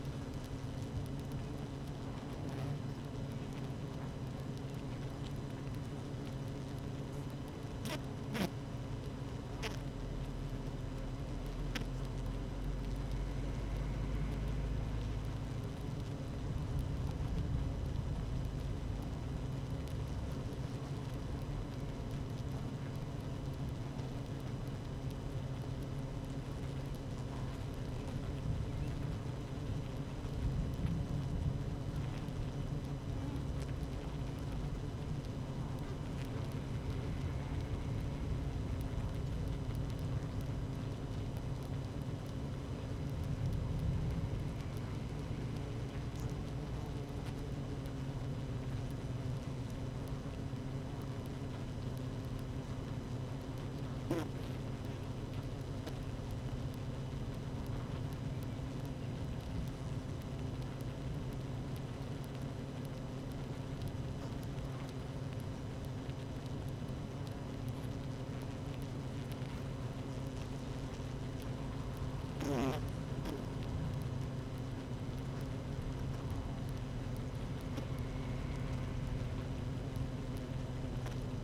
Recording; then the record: honeybee colony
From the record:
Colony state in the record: active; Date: 12 June 2018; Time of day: 13:40